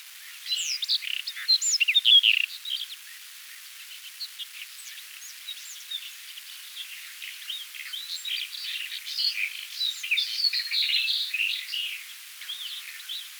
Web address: White-Throated Robin Song